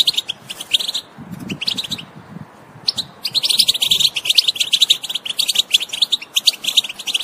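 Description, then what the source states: European goldfinch song, fast liquid chattering notes, a quieter lull from about one to three seconds with faint low sounds, then a long continuous twittering run. Wild bird.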